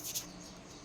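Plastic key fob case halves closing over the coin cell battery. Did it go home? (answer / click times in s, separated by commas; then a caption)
no / none. The two plastic halves of a Toyota Rush key fob case are handled and realigned over a newly fitted 3-volt CR2032 lithium coin cell. A brief soft high-frequency rustle is heard near the start, then quiet. Nothing has seated or clicked yet.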